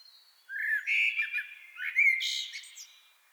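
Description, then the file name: Common blackbird singing one mellow, warbled fluting phrase that breaks into a high, squeaky twitter, then trails off. "Turdus merula"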